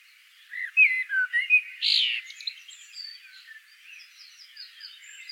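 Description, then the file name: Common blackbird sings a few short mellow whistles, then a loud burst and fading, thin high twittering; faint bird notes continue behind. "Turdus merula"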